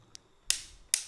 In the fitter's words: klek-klek seperti itu ini sama dengan yang ini klek-kleknya klek-kleknya bunyinya